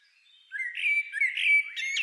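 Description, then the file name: Common blackbird phrase: a short run of fluty whistled notes ending in a scratchy, high-pitched twitter. "Turdus merula"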